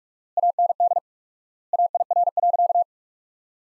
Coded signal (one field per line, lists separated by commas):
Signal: Morse code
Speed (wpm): 46 wpm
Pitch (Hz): 700 Hz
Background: none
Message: AND AIR.